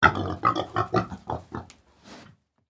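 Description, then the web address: Pig grunting and snorting in a run of several short, rough bursts, ending with a softer rustle. Pig moving about in hay, snorting. "Blastwave ANIMALS Pig Movement Hay"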